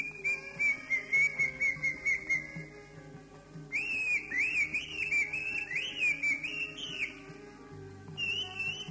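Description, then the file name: Greater green leafbird: a run of quick repeated whistled notes, then a warbling, wavering whistled passage. "cucak ijo"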